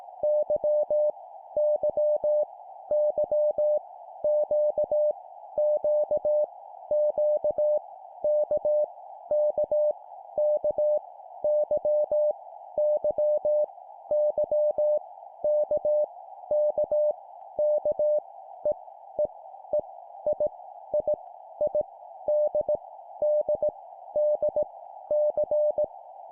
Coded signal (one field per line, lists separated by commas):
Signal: Morse code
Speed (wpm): 18 wpm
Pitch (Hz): 600 Hz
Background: none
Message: Y Y Y Q Q Q K K K Y Y Y K K K E E E I I I D D D C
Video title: 17wpm Repeat three times Random Letter, cw morse code